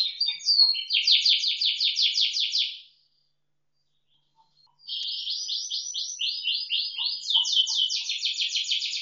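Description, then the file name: Atlantic canary singing a fast, rattling trill of rapid repeated notes, a pause of about two seconds, then varied high phrases and another quick trill. Indonesian "isian moza" song-tutor material. "suara kenari isian moza omkicau"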